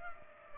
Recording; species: mosquito wingbeat signal from an infrared sensor; Culex pipiens